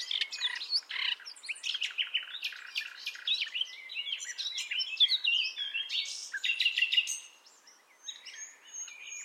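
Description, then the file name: Common nightingale song, a rapid run of varied phrases: sharp clicks, short whistles and rattling notes tumbling together with brief pauses, quieter toward the end. "Luscinia megarhynchos"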